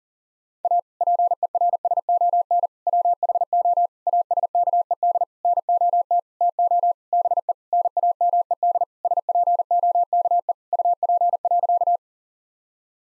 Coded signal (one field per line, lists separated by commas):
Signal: Morse code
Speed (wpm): 37 wpm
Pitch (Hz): 700 Hz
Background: none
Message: A PERSON WHO ASKED NOT TO BE NAMED SPOKE UP.